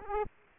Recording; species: mosquito wingbeat signal from an infrared sensor; Aedes aegypti